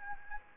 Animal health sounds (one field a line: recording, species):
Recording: mosquito wingbeat signal from an infrared sensor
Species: Anopheles arabiensis